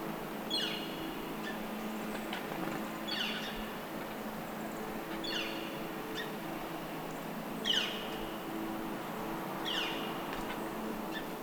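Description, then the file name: Northern flicker repeatedly calling: five harsh, falling notes every two to three seconds against steady low-pitched background noise. Call recorded 24 November 2012 at 11:35. "Lewis S NOFL call 11242012 1135"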